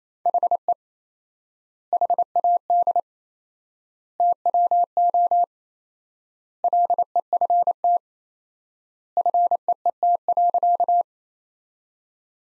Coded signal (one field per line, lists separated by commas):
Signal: Morse code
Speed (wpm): 27 wpm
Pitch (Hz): 700 Hz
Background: none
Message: HE HAD TWO LEFT FEET.